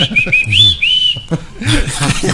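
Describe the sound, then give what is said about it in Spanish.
A person whistles a short run of high, clear notes with quick upward slides for about a second, over low background murmur, before a burst of louder, noisier sound takes over. “¿por qué le chiflas?”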